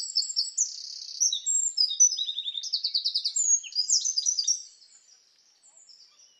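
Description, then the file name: Eurasian wren song, a long loud outpouring of shrill notes with fast rattling trills in the middle, running over four seconds before fading. "Troglodytes troglodytes"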